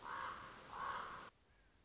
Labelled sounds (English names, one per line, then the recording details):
Common Raven
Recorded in Sonoma County, California